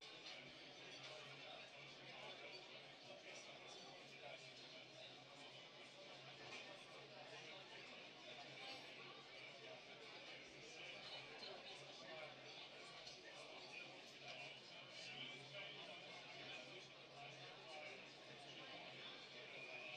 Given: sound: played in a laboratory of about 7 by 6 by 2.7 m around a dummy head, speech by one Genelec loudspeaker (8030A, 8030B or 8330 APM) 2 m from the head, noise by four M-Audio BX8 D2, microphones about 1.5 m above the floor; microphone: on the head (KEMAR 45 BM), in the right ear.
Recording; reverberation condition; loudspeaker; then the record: cafeteria noise; low; four, about 170 cm from the corners of the room and facing them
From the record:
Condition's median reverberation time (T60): about 310 ms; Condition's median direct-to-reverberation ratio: about 3.5 dB